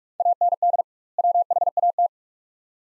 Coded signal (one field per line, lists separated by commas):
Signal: Morse code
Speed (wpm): 46 wpm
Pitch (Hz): 700 Hz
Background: none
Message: AND WHAT